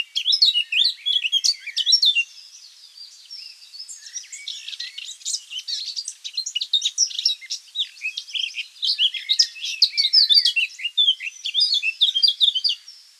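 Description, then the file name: Eurasian blackcap warbling song: a fast, rich jumble of high twittering and scratchy notes, loud bursts alternating with quieter stretches throughout, no other sounds clear. "Sylvia atricapilla"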